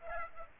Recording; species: mosquito wingbeat signal from an infrared sensor; Aedes aegypti